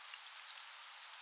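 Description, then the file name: European robin calling with four brief, high-pitched, sharp notes spaced unevenly over under a second, against a light background hiss. "Erithacus rubecula"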